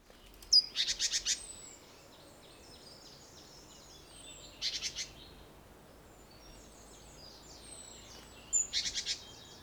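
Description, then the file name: Great tit churring calls: three bursts of fast buzzy scolding notes over faint background hiss. "Parus major"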